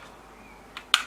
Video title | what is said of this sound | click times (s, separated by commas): Tamiya 1/35 M4A3E8 Sherman Full Build Pt6 + Reveal | baby there you go you heard it click and | 0.9 s